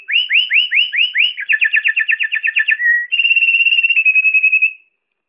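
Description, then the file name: White-eye song: a run of rapid rising whistled slurs, then a buzzy rattling trill, then a steady, slightly wavering whistled trill that ends abruptly. Special 'masteran' song. "suara masteran spesial pleci"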